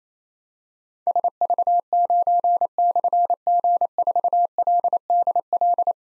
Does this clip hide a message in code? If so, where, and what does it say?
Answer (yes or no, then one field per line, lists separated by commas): yes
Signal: Morse code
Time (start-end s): 1.1-5.9 s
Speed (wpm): 29 wpm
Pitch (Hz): 700 Hz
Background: none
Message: SV9/G4LDL